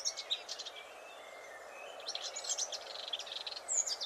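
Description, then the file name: Eurasian blackcap giving two bursts of rapid, scratchy high twittering separated by a quieter pause, over steady low background hiss. "Sylvia atricapilla"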